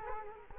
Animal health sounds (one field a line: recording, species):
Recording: mosquito wingbeat signal from an infrared sensor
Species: Culex quinquefasciatus